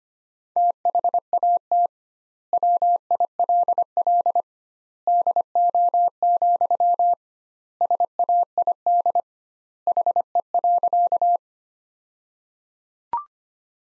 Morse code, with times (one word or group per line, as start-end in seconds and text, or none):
0.6-1.9 THAT
2.5-4.4 WILL
5.1-7.1 DO,
7.8-9.2 SAID
9.9-11.4 HE.